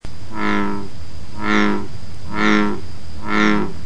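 American bullfrog deep croaks, four low, droning, harmonic notes repeated about once a second, each lasting over half a second, over a steady background hiss.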